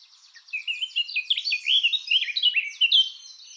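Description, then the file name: Eurasian blackcap song, a rapid, rich warble of jumbled whistled and scratchy notes tumbling up and down without pause for about three seconds. "Sylvia atricapilla"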